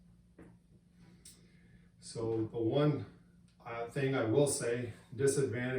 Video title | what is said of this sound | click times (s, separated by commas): ROKSTEDi P226 Bipod vs Competitor Bipod | cant it to one side and latch it in place. | 1.3 s